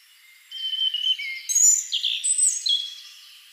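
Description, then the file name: European robin song, a single rich phrase of clear high whistles dropping and rising, with rapid twittering notes mixed in, then fading away. "Erithacus rubecula"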